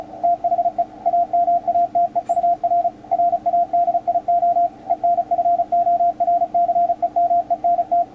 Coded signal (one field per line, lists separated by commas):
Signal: Morse code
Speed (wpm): 34 wpm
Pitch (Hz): 700 Hz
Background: radio noise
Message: THE AMATEUR RADIO ENFORCEMENT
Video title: Yaesu FT-450D HIGH Speed CW Practice? WPM 35